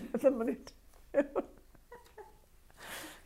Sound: laughs

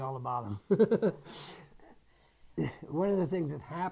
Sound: chuckles

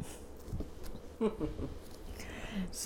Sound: chuckles

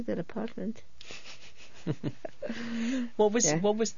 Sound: they laugh

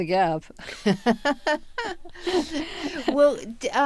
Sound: they laugh

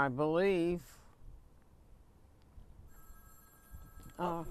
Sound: telephone rings

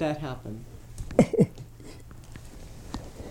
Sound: she laughs

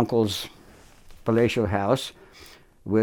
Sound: none

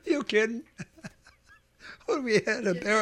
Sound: he laughs

